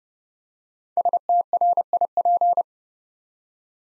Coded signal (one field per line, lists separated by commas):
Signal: Morse code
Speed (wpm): 30 wpm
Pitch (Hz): 700 Hz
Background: none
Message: STRIP